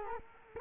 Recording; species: mosquito wingbeat signal from an infrared sensor; Culex quinquefasciatus